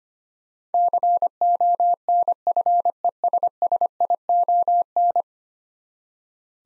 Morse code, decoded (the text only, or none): CONFESSION